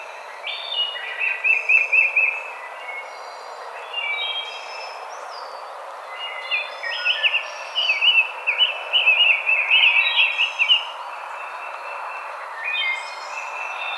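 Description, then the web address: Rose-breasted grosbeak singing two warbled phrases, a short one early and a longer rich run of notes later. Recorded on 5 May 2007. "Rose-breasted Grosbeak 2007 05 05"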